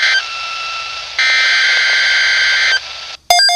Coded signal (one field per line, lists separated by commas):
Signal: Emergency Alert System (SAME) tones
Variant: header bursts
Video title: Severe Thunderstorm Watch #464 (EAS #265) (NWS Upton, NY)